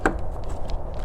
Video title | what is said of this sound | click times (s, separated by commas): Watched YouTube Tutorials & Became My Own Mechanic | Snap sounds good. | 0.1 s